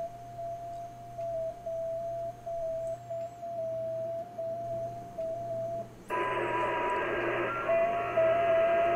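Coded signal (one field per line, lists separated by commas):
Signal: FT8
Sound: steady single tone with hum, then a chorus of many warbling narrow tones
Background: mains hum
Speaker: he is responding to my signal reported he should respond with a Roger Roger Roger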